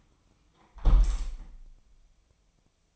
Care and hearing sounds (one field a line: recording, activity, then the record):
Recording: daily activity, microphone in the room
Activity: close window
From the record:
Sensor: 1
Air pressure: 1004.7 hPa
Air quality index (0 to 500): 118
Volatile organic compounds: 4 ppm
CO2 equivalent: 1636 ppm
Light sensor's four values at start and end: 9/21/8/9 and 8/20/8/8